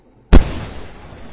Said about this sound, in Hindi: पटाखा फटाना एक्चुअली वो भी बेकार है.